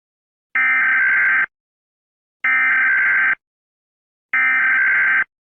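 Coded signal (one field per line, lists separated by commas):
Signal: Emergency Alert System (SAME) tones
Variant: header bursts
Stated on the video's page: Fictional EAS scenario about UFOs, not a real alert.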